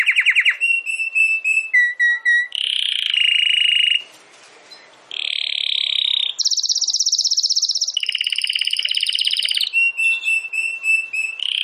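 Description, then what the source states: Domestic canary singing varied phrases: short repeated notes, buzzy rolls, a brief silence, then loud sustained trills at different pitches. Belgian canary (Canário Belga) singing; title gives 'campainha'.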